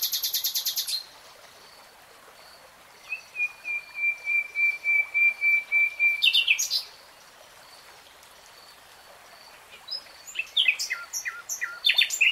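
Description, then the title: Nightingale song: a brief dense buzzy burst, then a long series of high piping whistled notes, a pause, and a final run of fast clicking trills. Real-time recording of a nightingale singing. "[Tiếng chim hót] Nightingale Singing"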